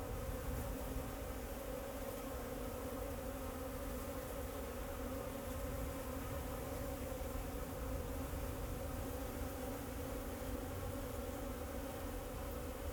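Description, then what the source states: Bees buzzing in a steady, continuous hum with layered droning tones, a low rumble running underneath throughout. Bees flying around the recordist in Jacques Brelpark, Kersbeeklaan, Vorst, Belgium; train in background; recorded binaurally with a Sennheiser Ambeo binaural headset.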